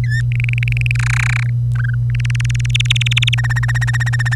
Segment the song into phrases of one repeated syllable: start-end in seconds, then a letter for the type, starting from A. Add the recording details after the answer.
0.04-0.22 A, 0.32-0.92 B, 0.95-1.50 C, 1.75-1.95 D, 2.10-3.35 E, 3.38-4.35 F. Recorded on 25 April 2018 at 06:11. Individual llb3